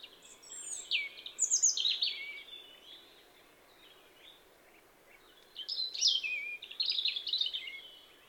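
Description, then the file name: European robin song: high sweet whistled phrases descending and wavering, two bursts separated by a short pause, clear against a quiet background. "Erithacus rubecula"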